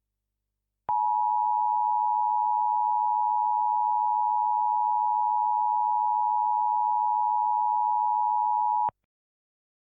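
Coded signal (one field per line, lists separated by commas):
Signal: Emergency Alert System (SAME) tones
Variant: 853 and 960 Hz attention tone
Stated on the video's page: Fictional EAS scenario.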